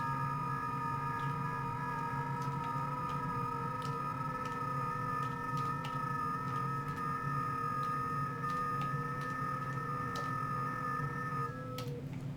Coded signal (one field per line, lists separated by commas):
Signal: FT8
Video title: Running some FT8 basic overview of WSJTX and grid tracker